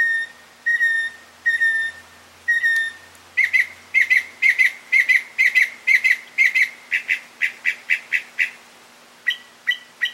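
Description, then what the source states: Mockingbird song opening with steady whistled notes, then a long series of rapid, sharp repeated notes. Male.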